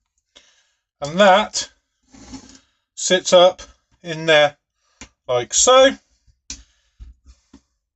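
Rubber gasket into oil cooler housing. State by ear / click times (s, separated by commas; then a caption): seated / 6.5 s. A rubber oil cooler gasket on a BMW N47 diesel engine is pressed by hand into its groove in the oil cooler housing while someone talks. A sharp click at 6.5 s marks the gasket clipping and popping into place, fully seated.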